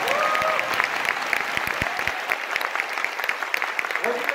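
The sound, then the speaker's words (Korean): A crowd breaks into sustained applause, a dense, steady wash of many hands clapping at a fairly loud level for several seconds, with faint voices calling out briefly near the start. “이 정도면 박수 한번 쳐주셔야 됩니다.”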